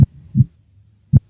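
Low, regular paired heart thumps, one sound beating stronger and the other softer: normal heart sounds.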